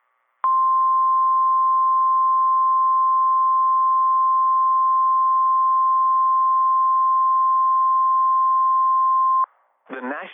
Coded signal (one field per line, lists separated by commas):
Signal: Emergency Alert System (SAME) tones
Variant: 1050 Hz attention tone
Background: speech